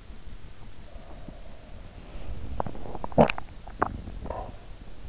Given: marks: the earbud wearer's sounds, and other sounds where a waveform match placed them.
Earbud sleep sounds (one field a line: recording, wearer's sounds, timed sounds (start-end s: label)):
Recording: sounds in sleep by an in-ear microphone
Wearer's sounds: breath, swallowing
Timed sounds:
0.90-2.67 s: breath
2.67-4.73 s: swallowing